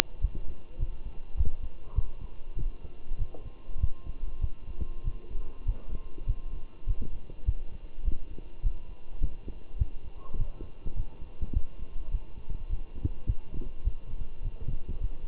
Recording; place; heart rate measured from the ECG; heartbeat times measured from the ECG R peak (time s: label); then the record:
heart sounds by stethoscope; between the tricuspid and mitral areas; 101 bpm
0.22 s: heartbeat
0.79 s: heartbeat
1.37 s: heartbeat
1.96 s: heartbeat
2.58 s: heartbeat
3.19 s: heartbeat
3.81 s: heartbeat
4.42 s: heartbeat
5.05 s: heartbeat
5.66 s: heartbeat
6.27 s: heartbeat
6.87 s: heartbeat
7.46 s: heartbeat
8.05 s: heartbeat
8.63 s: heartbeat
9.22 s: heartbeat
9.79 s: heartbeat
10.38 s: heartbeat
10.96 s: heartbeat
11.54 s: heartbeat
12.12 s: heartbeat
12.70 s: heartbeat
13.27 s: heartbeat
13.85 s: heartbeat
14.43 s: heartbeat
15.01 s: heartbeat
From the record:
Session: walking at 3.7 km/h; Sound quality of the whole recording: good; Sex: male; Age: 23 years